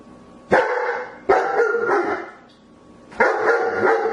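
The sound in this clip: German Shepherd barking, three deep harsh barks, two close together then a pause before the third.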